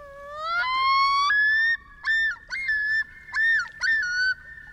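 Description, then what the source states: Common loon yodel: a long rising wail that climbs in steps, followed by repeated, ringing two-note phrases with brief pauses between them, over quiet background. Male, neck outstretched, waving his head side to side; yodel entices females and asserts territory; northern lakes where loons nest in summer.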